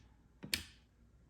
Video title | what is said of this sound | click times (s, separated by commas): Wow! A Cordless Kitchenaid Chopper 🤔 | until it clicks and you see this light come on | 0.5 s